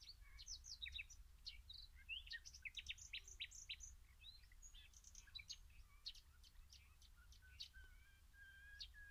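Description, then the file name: Common nightingale singing lively bursts of sharp notes and short repeated phrases, later giving way to thin steady whistles, with a low background rumble throughout. "Luscinia megarhynchos"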